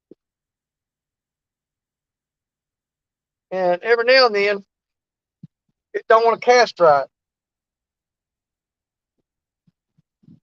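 While fishing, someone handles a component of a fishing reel that would not cast properly, working it back toward its place in the reel. Someone talks in two bursts, with only a few faint, brief ticks around 0.1 s and 5.4 s and near the end. Nothing has seated or clicked in yet.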